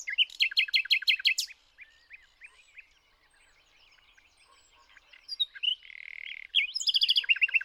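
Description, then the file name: Common nightingale song: a quick run of repeated chirps, soft scattered notes, a buzzy trill, then another loud repeated phrase. "Luscinia megarhynchos"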